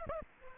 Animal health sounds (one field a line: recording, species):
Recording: mosquito wingbeat signal from an infrared sensor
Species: Aedes aegypti